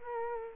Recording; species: mosquito wingbeat signal from an infrared sensor; Culex quinquefasciatus